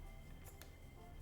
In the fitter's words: Hear that little click and we're ready.